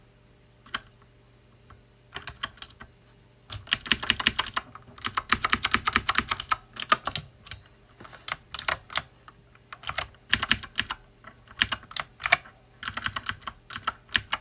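Close-up typing on a loud mechanical keyboard, sharp bright clacks coming in uneven bursts. Dense rapid runs around four to seven seconds and again near ten, with short pauses and scattered single keystrokes between. A low steady hum sits underneath throughout.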